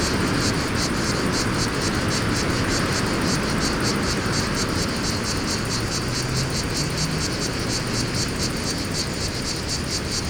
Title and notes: Fontvieille, France - Mistral et cigales. Le Mistral dans la pinède les cigales et insectes au sol , quelques bruits de circulation